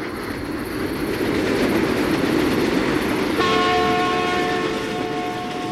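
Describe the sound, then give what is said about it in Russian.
An express train, its lights flashing, roars past in a loud, steady rumble, and about halfway through a horn joins in with sustained, layered tones that hold to the end. “И в другую сторону, сверкая огнями, с громом пронесся еще один скорый поезд.”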